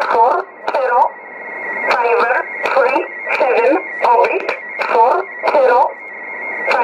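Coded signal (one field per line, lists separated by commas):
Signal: numbers station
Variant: E11 Oblique, English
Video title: 28 02 2018 E11 Oblique Numbers station in English to Eu 0900 on 9446 unknown tx site in USB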